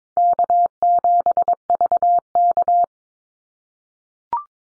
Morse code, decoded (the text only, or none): K7VK